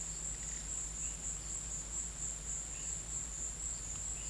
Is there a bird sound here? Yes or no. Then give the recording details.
no. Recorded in pastures near Puerto Asís, Putumayo, Colombia, on 22 December 2024 at 14:00. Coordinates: 0.472, -76.329. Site G072